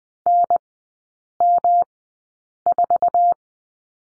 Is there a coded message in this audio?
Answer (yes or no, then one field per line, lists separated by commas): yes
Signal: Morse code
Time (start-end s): 0.3-3.3 s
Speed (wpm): 20 wpm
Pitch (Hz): 700 Hz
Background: none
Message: NM4